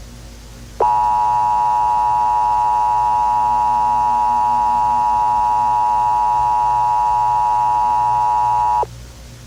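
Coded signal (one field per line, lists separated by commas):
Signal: Emergency Alert System (SAME) tones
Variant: 853 and 960 Hz attention tone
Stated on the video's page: Fictional EAS scenario.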